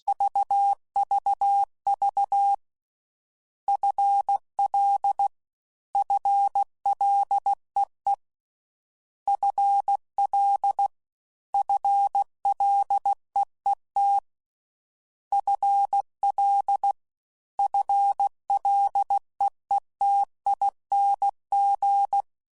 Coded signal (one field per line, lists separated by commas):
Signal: Morse code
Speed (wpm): 16 wpm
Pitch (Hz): 800 Hz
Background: none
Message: VVV FL FLEE FL FLEET FL FLEETING